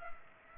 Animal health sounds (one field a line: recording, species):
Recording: mosquito wingbeat signal from an infrared sensor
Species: Culex pipiens